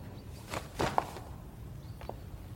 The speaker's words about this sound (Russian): Дети бегают по парку. Верно.